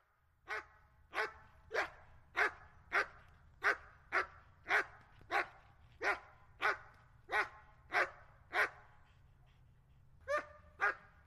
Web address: german shepherd